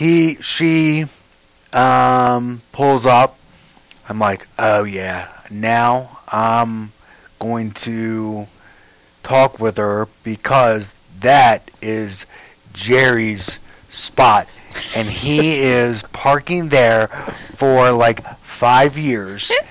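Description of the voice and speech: A man, a stroke or brain-injury survivor with aphasia, tells a short story in slow, halting speech, with frequent pauses, drawn-out words and a tense slip ('he is parking there for five years'). This effortful, broken-up delivery fits aphasia.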